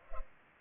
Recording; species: mosquito wingbeat signal from an infrared sensor; Culex pipiens